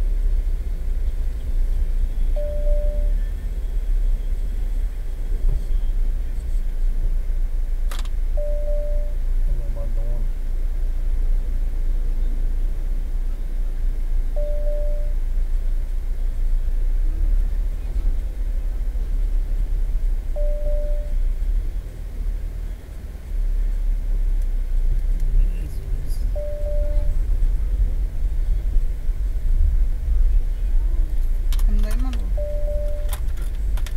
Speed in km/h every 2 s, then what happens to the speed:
8, 7, 8, 5, 5, 5, 5, 5, 6, 7, 6, 7, 8, 10, 9, 8, 9.
0-34 steady at about 7.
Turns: none.